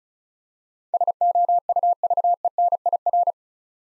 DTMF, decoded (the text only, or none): none